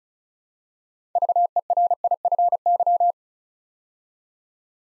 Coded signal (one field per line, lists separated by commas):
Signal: Morse code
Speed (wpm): 36 wpm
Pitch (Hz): 700 Hz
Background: none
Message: VERIFY